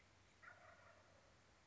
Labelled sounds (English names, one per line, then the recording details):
Wild Turkey
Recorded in Sonoma County, California